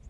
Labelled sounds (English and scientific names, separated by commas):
Lucy's Warbler (Leiothlypis luciae) flight call